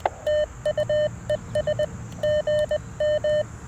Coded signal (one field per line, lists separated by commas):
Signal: Morse code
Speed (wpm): 20 wpm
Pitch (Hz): 590 Hz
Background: none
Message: TUES GM